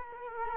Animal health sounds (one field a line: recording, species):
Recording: mosquito wingbeat signal from an infrared sensor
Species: Culex quinquefasciatus